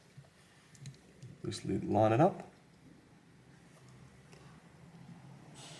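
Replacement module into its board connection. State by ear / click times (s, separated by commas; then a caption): not seated / none. A replacement module is handled and loosely lined up over its board connection, with a few light clicks and taps early on while someone talks. The part has not clicked into position or seated yet.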